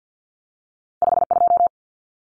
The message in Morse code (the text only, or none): 52